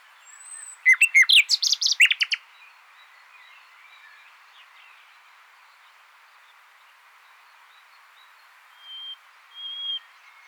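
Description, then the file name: Common nightingale delivering a short burst of fast, loud metallic notes, then long near silence broken by two faint high whistles. "Luscinia megarhynchos"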